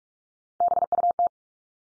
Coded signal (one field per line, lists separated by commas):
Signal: Morse code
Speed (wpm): 44 wpm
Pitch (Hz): 700 Hz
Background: none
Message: BUT